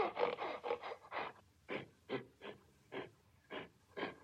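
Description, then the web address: Gorilla making breathy, snorting grunts, quick at first and then spaced about half a second apart. Enraged gorilla at a zoo. "som de gorila enfurecido no zoologico"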